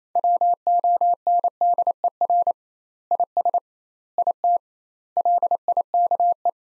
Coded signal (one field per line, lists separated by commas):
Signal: Morse code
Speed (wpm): 27 wpm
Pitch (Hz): 700 Hz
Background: none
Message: WONDER IS IT LIKE